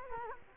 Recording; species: mosquito wingbeat signal from an infrared sensor; Culex quinquefasciatus